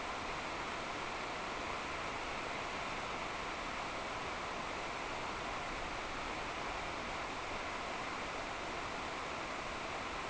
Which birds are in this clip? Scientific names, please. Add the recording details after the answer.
none. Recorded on Arctic tundra, site NAIT-1, on 26 June 2018. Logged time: 09:00